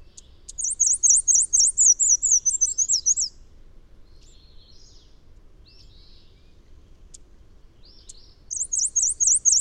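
Bird song: a high, thin series of quick zigzag notes that slowly descends, repeated in two bursts with a quiet pause and a few faint chips between them.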